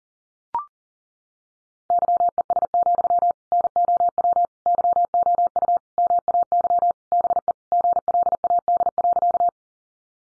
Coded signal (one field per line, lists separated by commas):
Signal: Morse code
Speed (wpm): 39 wpm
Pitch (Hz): 700 Hz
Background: none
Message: YES, NOW YOU MAY BE GLAD.